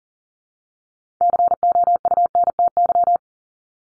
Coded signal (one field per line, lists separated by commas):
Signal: Morse code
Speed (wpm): 40 wpm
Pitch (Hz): 700 Hz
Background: none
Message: COUNTY